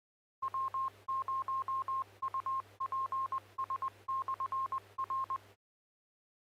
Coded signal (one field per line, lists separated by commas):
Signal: Morse code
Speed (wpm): 20 wpm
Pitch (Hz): 1060 Hz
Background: none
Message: W0UPS/R